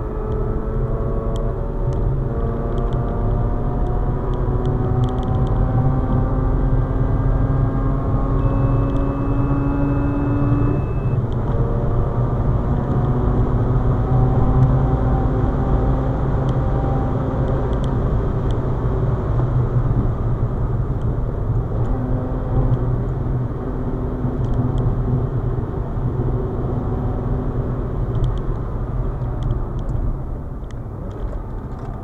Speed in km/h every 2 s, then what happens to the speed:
131, 141, 150, 157, 165, 172, 184, 190, 189, 159, 147, 146, 141, 142, 96, 85.
0-13 speeds up to 190. 16-32 brakes to 85.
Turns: none.